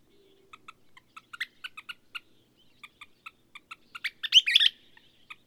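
Bird song of repeated ticks leading to a loud buzzy trill near the end, then a few single ticks.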